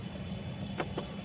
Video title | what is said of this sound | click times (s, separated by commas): Tata punch accomplished plus s manual PDI - pre delivery inception #newcar #tata #punch | perfect గా lock చేస్తే lock అయిపోతుంది. పెట్టిన తర్వాత ఇప్పుడు లాక్ అయింది ఓకే | 0.8 s, 1.0 s